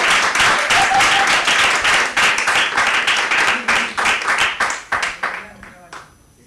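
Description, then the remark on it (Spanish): Loud applause from an audience of secondary school students closing a discussion, a dense wash of many hands clapping that holds steady for several seconds, then thins into scattered claps and fades out. “Sí, cerramos con un aplauso fuerte.”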